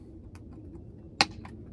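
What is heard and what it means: A plastic trim cover on the inner side of a RAV4's rear liftgate is pressed back into place during reassembly after an inner taillight replacement. Over a low background hum with faint ticks near 0.4 s and 1.5 s, one sharp, loud click at 1.2 s marks the cover snapping fully seated.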